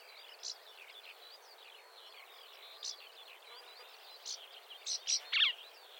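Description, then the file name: Marsh warbler song, a quick, varied twittering with scratchy notes, growing louder and busier toward the end with several emphatic chips. "suara kicauan burung marsh warbler. omkicau"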